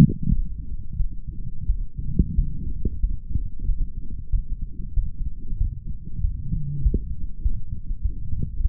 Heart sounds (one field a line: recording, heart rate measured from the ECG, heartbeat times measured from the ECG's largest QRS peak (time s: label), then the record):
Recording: heart sounds by stethoscope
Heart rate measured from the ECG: 94 bpm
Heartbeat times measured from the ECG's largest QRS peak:
0.28 s: heartbeat
0.97 s: heartbeat
1.66 s: heartbeat
2.35 s: heartbeat
3.00 s: heartbeat
3.66 s: heartbeat
4.30 s: heartbeat
4.94 s: heartbeat
5.58 s: heartbeat
6.21 s: heartbeat
6.82 s: heartbeat
7.42 s: heartbeat
8.02 s: heartbeat
8.61 s: heartbeat
From the record:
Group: healthy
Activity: light exercise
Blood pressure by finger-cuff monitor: 117/72 mmHg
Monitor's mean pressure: 88 mmHg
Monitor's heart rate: 93 bpm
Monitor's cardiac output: 7 L/min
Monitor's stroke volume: 76 mL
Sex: male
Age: 35 years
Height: 178 cm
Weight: 64 kg